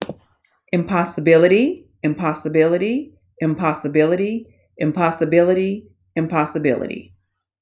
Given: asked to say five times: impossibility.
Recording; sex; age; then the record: repeated word; female; 50 to 59 years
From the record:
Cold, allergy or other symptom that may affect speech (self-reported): no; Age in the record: 50 years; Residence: Alabama, United States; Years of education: 16